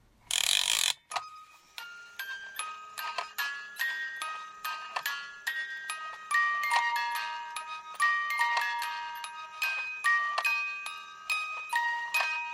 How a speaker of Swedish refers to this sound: Det här var en onödig klocka, men en klocka det var länge sedan vi drog i. Så det var skönt att få dra i klockan.